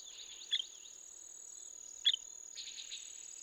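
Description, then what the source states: La Sagra's flycatcher calling with two short, sharp notes about a second and a half apart, over a steady high insect whine. Recorded 17 May 2016.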